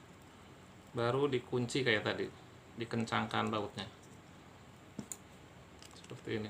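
A wire is inserted into the second screw terminal of a wall socket, and the screw is locked and tightened until it should tick. Someone talks while a few faint, sharp ticks sound around 5.0 to 6.1 seconds. Nothing has seated or clicked home yet.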